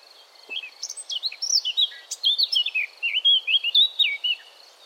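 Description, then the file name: Eurasian blackcap song: quick chattering notes build into a loud, clear, fluty warble of rapid slurred notes. "Sylvia atricapilla"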